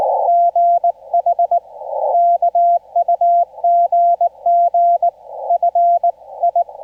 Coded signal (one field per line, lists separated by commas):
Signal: Morse code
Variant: Korean alphabet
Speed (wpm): 19 wpm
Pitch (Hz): 690 Hz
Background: none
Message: 수 있 냐